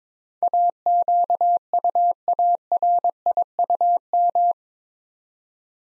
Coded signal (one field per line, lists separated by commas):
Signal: Morse code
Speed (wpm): 23 wpm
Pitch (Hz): 700 Hz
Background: none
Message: AQUARIUM